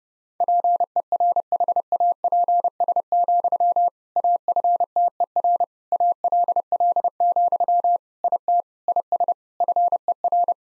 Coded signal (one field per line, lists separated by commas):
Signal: Morse code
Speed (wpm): 30 wpm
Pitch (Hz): 700 Hz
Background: none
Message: PERHAPS, AFTER ALL, IT IS FER